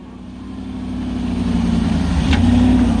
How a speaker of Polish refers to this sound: Do wioski Al-Hadidiyya jedziemy terenowym samochodem. Osobówką byłoby ciężko, nie wytrzymałoby zawieszenie.